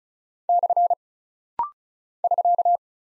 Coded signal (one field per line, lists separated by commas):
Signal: Morse code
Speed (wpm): 36 wpm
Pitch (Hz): 700 Hz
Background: none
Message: / <SK>